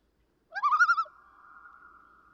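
Common loon giving a single quick quavering tremolo that rises then wavers, trailing off into a faint sustained tone.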